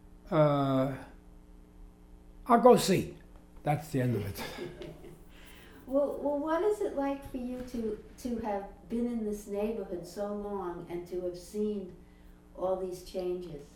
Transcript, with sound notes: "I'll go see." That's the end of it. [Laughter]
Well, well what is it like for you to, to have been in this neighborhood so long and to have seen all these changes?